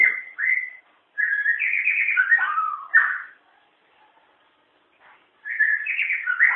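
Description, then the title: White-rumped shama song: long varied phrases of fluty whistles and warbled notes, a pause with a faint note, then another rich whistled phrase. "murai batu"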